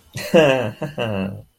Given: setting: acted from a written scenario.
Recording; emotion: vocal sound without words; pride